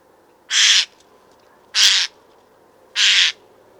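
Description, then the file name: Eurasian jay giving three loud, hoarse screeches, each a short burst repeated a little more than a second apart. "Garrulus glandarius"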